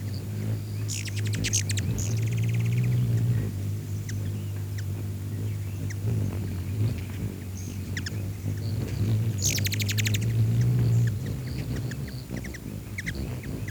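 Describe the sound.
Bird chirps in two quick bursts of high, clicking notes, one near the start and another around ten seconds, over a steady low rumble.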